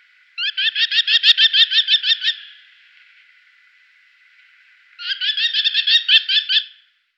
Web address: Merlin faucon-emerillon